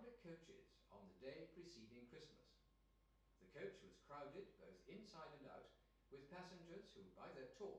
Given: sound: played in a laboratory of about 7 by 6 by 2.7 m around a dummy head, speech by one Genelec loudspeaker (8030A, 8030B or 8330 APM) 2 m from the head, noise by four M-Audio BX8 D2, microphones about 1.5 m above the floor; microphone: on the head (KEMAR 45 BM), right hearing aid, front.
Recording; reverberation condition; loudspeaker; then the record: male speech in English; medium; 120 degrees to the left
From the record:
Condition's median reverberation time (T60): about 510 ms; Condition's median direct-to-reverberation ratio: about -0.5 dB